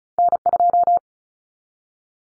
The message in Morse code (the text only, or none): N2